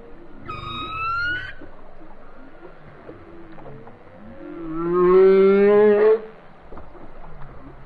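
Whale song: a high whistled rising call near the start, then a long moaning tonal unit rich in harmonics, swelling and rising slightly before ending abruptly.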